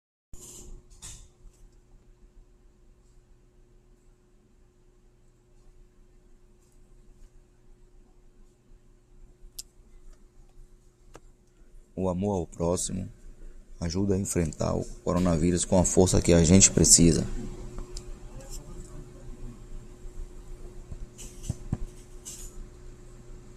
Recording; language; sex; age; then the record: spoken sentence; Brazilian Portuguese; male; 30 to 39 years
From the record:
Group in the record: control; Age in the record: 39 years